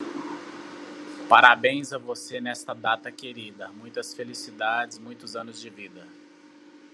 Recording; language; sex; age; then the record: short text; Brazilian Portuguese; male; 40 to 49 years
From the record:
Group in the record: control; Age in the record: 42 years